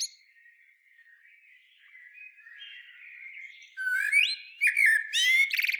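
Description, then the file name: Common blackbird song phrase: flute-like whistles followed by rapid high twittering and scratchy squeaks, after a quiet subdued warble. "Turdus merula"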